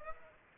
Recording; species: mosquito wingbeat signal from an infrared sensor; Aedes aegypti